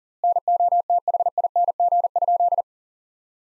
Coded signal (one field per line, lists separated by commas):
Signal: Morse code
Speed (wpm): 40 wpm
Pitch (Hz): 700 Hz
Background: none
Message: NOTHING?